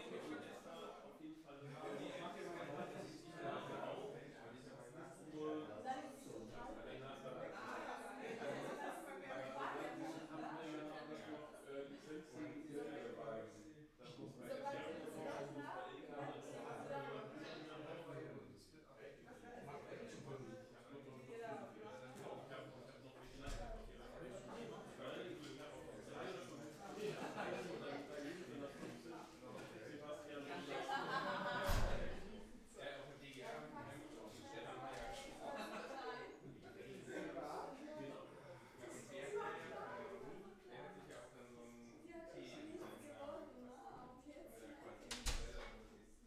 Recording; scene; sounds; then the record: everyday scene through a hearing-aid microphone; many people talking; many voices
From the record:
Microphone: behind the ear, left, front